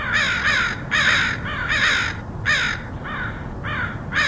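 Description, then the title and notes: Crows cawing, a quick irregular series of harsh, nasal caws of varying length, some softer calls among louder ones. Crows recorded in Portland, Oregon, in August 2003. "Crows of Portland. Crows recorded by Dan Bodah in Portland, OR, August 2003"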